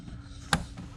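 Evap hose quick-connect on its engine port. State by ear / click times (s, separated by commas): seated / 0.5 s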